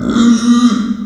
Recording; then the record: squeal of a Yucatan mini pig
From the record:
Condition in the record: after surgery on the right vocal fold (resection and tissue-engineered implant); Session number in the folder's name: 9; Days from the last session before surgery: 65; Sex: female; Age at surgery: 19 weeks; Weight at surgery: 25 kg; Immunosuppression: prednisolone